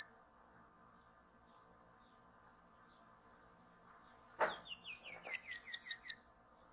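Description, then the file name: Pin-tailed manakin singing one high-pitched phrase near the end, a rapid run of thin notes gently descending, after a quiet stretch with a few faint notes. "canto do tangarazinho"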